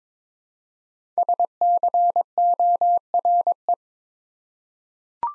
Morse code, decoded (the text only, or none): SCORE